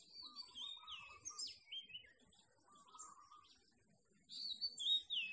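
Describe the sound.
Birds sing bright, swooping whistles, a lower bubbling warble sounds twice, and a loud burst of whistled notes comes near the end.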